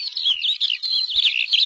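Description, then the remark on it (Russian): Dense, continuous high-pitched twittering and warbling from a flock of larks rising into the blue sky and singing together, with rapid overlapping trills and no pauses or voices. “Стая жаворонков поднялась в голубом воздухе и запела хором.”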